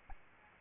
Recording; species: mosquito wingbeat signal from an infrared sensor; Aedes albopictus